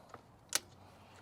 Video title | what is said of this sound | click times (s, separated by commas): My 1st Lithium Utility eTrike - Mooncool TK1 Folding 48v 14.5ah 500w Motor - Full Review & Assembly | Locks in place pretty nicely. | 0.5 s